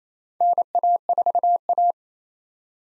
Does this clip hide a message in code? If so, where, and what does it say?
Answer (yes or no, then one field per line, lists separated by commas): yes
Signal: Morse code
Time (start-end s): 0.4-1.9 s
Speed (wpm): 28 wpm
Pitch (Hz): 700 Hz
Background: none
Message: NA4A